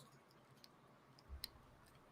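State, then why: Not seated. A plastic part is pressed into an HG Darilbalde Gunpla model kit during assembly, with only a few faint, brief ticks of plastic handling near 0.6, 1.2 and 1.4 seconds against low background noise. The joint does not click into place; nothing has seated or clicked yet.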